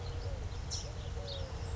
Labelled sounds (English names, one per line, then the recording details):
California Towhee
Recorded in Sonoma County, California